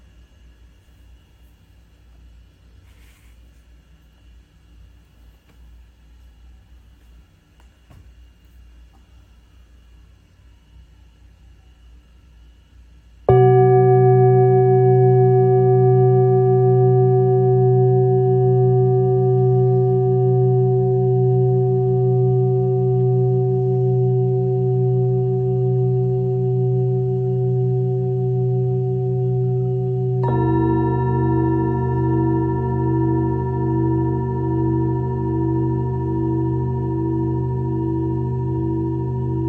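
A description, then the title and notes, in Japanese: A singing bowl rings out after about 13 seconds of near-quiet, its low, steady hum with bright overtones sustaining and slowly fading while a gentle pulsing beat wavers through it. Around 30 seconds a second strike adds a slightly different, shimmering tone layered over the first. シンギングボウルライブ。シンギングボウルの振動。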